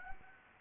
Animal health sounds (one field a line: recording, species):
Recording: mosquito wingbeat signal from an infrared sensor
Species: Anopheles gambiae